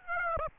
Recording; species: mosquito wingbeat signal from an infrared sensor; Aedes aegypti